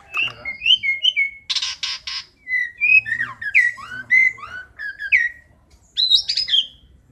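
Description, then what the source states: Asian pied starling song of clear whistled phrases and falling slurs, broken by a few harsh rasping bursts and ending with high chirps. Variation song used for training.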